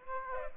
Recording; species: mosquito wingbeat signal from an infrared sensor; Aedes aegypti